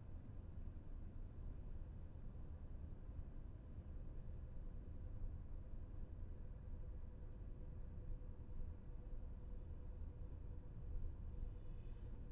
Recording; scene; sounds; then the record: everyday scene through a hearing-aid microphone; in a vehicle; engine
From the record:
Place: VW T5 Caravelle, diesel engine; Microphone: behind the ear, left, rear